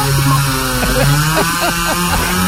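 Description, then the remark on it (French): A chainsaw engine runs loud and steady, its buzzing drone rising and falling in pitch several times as it revs while cutting. No one speaks. “Viens, on le découpe à la tronçonneuse pour voir.”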